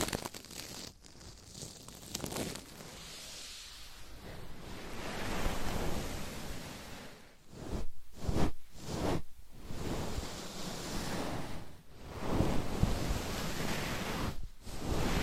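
Steady scratching and rubbing with nails and objects makes a dense, rushing hiss that swells and eases like surf. The strokes run almost continuously, broken by short pauses near 1, 8, 9, 12 and 15 seconds before resuming.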